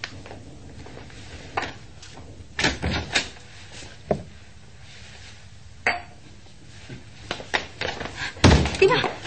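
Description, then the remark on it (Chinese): A series of wooden knocks and thumps, a door creaking open and then hurriedly bolted and banged shut, with a few sharper clatters among the quieter handling sounds. “我攞咗呢锭白银啫，嗱嗱声闩门走啦。”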